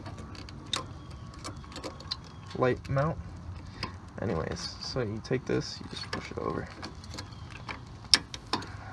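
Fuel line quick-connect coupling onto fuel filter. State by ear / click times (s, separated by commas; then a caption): seated / 8.1 s. Someone talks while a fuel line quick-connect coupling is pushed over the nipple of a new fuel filter on a 1997-2002 F150/Expedition, with small handling clicks and rattles along the way. A sharp, loud click at 8.1 s marks the coupling latching onto the filter, confirming that it is seated.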